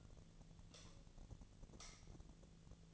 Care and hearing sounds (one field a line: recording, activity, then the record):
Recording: daily activity, microphone in the room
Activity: light off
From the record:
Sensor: 4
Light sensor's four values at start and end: 38/110/44/45 and 38/109/43/44